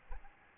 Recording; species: mosquito wingbeat signal from an infrared sensor; Aedes albopictus